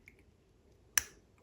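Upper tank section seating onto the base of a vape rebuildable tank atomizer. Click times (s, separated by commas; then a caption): 1.0 s. The upper tank section of a freshly filled KAEES Solomon Mesh RTA vape rebuildable tank atomizer is turned on its base until it drops into its locating position, ready to be screwed down. A few faint ticks come first, then one sharp, bright click at 1.0 s. The section is seated in place.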